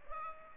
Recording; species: mosquito wingbeat signal from an infrared sensor; Culex pipiens